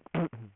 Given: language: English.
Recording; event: throat vibration sensor signal played as sound; throat clearing